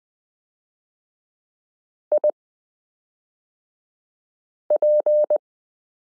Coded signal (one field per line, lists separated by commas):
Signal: Morse code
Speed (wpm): 20 wpm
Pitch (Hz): 600 Hz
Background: none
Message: IP